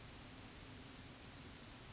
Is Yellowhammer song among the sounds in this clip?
no